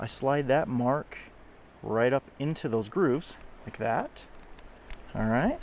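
Someone talks while sliding the marks on a plastic water filter cartridge up into the grooves of its jerry can filter housing, with faint brief handling sounds near 4.6 s and 4.9 s between phrases. The filter has not yet been twisted into place, and nothing has seated or clicked yet.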